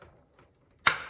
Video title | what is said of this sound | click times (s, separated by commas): Bosch Glide 10" Dual-Bevel Mitre Saw (CM10GD) - Overview & Thoughts | Oh, gonna lock back in. Let's get it to 0. | 0.9 s